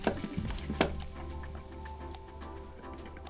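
A plastic power switch slider is pressed down into the earcup housing of a Bose QuietComfort QC35, QC35 II or QC45 headphone during a power switch replacement. A few soft taps and handling sounds come first, then a sharp, short click at 0.8 s as the slider drops and seats into place, followed by a faint, steady tonal background. The switch is seated.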